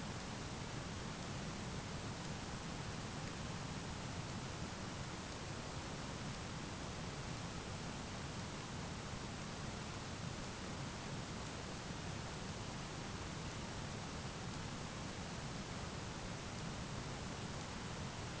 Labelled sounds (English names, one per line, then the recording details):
none
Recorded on Arctic tundra, site ZACK-1, on 12 June 2019
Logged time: 05:49